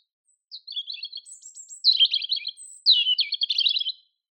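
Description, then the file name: European robin singing three linked phrases of high, rapid, tinkling twitters with very thin high whistles between them, no other sounds. "Erithacus rubecula"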